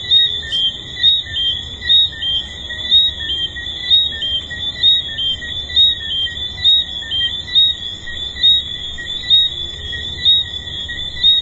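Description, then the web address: Tree frogs calling in a dense chorus: a steady high ringing drone with sharper chirping notes standing out at frequent intervals. At a resort. "Hedonism II tree frogs"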